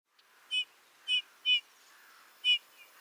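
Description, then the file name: Eurasian bullfinch calls: four short, clear piping notes, spaced irregularly over about two seconds, with a faint softer note at the end and quiet background. "Pyrrhula pyrrhula"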